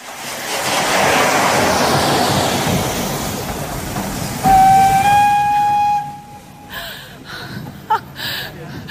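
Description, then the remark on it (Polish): A train's loud, rushing hiss swells and fades, then a single steady, high-pitched whistle blast sounds for over a second, followed by brief voices and bustle of a station. “Więc wysiedliśmy z żoną... Na dworcu.”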